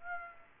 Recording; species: mosquito wingbeat signal from an infrared sensor; Aedes aegypti